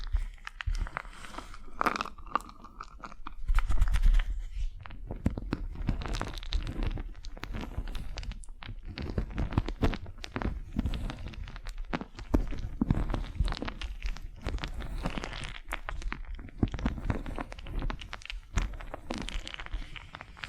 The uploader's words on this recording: ASMR Tingly Wax Facial Spa Treatment for Sleep (No Talking).